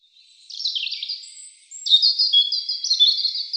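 European robin song in two phrases: a short tumbling warble, then a longer, louder run of high, rapidly repeated silvery notes continuing to the end.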